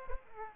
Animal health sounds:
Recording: mosquito wingbeat signal from an infrared sensor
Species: Aedes aegypti

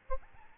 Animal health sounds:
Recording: mosquito wingbeat signal from an infrared sensor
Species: Aedes albopictus

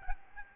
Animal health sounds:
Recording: mosquito wingbeat signal from an infrared sensor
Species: Aedes albopictus

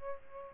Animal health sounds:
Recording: mosquito wingbeat signal from an infrared sensor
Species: Aedes albopictus

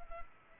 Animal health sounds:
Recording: mosquito wingbeat signal from an infrared sensor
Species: Culex pipiens

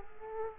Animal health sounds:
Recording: mosquito wingbeat signal from an infrared sensor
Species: Culex quinquefasciatus

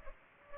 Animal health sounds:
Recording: mosquito wingbeat signal from an infrared sensor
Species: Culex pipiens

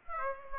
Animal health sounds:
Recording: mosquito wingbeat signal from an infrared sensor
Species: Aedes aegypti

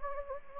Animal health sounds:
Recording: mosquito wingbeat signal from an infrared sensor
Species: Anopheles gambiae

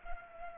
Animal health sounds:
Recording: mosquito wingbeat signal from an infrared sensor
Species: Culex pipiens

